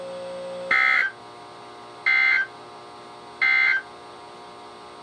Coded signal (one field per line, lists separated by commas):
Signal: Emergency Alert System (SAME) tones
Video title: EAS #1000-#1003: Flooding in the Night | KHB36